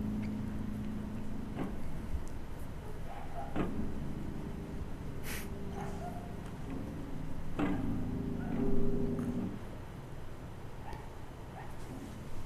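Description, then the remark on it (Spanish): A dog barks a handful of times at irregular intervals, short and fairly faint, over a steady low background hum with no one speaking; the dog is awake and asking for food. “¿Escuchan el perro?”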